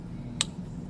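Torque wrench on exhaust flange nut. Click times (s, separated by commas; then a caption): 0.4 s. A click-type torque wrench further tightens an exhaust flange nut during exhaust installation on a 1987 Harley-Davidson Sportster chopper. A single sharp, bright click rings out at 0.4 s over a quiet low background rumble. The wrench clicks at its setting, confirming the nut is torqued.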